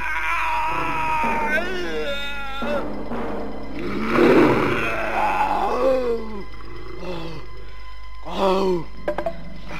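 sound effect, loud roar

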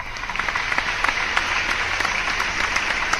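crowd, applause

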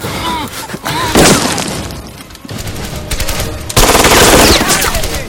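gunfire

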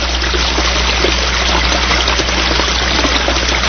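nature, flowing river water

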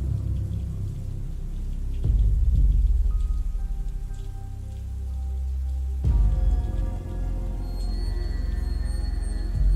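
nature, heavy rain falling

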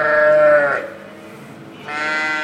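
animal, sheep bleating

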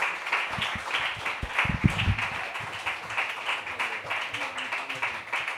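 crowd, audience applause

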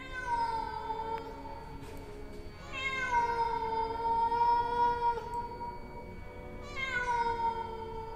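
animal, cat meowing plaintively

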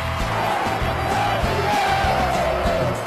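crowd, stadium crowd chanting

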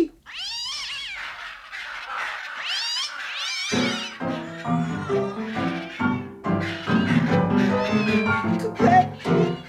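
animal, cat meowing and caterwauling

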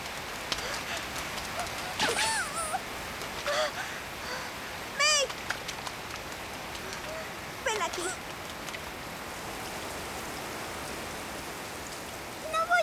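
nature, heavy rain falling

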